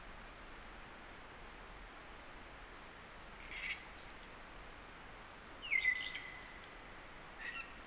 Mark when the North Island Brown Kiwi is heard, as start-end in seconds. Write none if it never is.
none